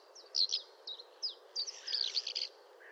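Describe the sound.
Eurasian skylark song in short bursts of high chirps and trills, faint and separated by brief gaps, over a steady low background hiss.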